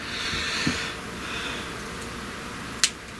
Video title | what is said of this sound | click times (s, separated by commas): Threezero Transformers MDLX Optimus Prime | Nice solid click there. | 2.8 s